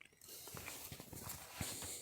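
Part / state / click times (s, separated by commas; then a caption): flex ribbon cable locks in circuit board connector of car stereo faceplate / not seated / none. Someone handles the flex ribbon cable at the circuit board connector of a Pioneer P99RS motorized car stereo faceplate during a repair for a display that is not working, with the cable pushed fully in and the connector's plastic locking tabs to be pushed in to clamp it. Soft taps and small handling noises are heard, with a faint tick at the start and a slightly louder knock near 1.6 s. Nothing has seated or clicked yet.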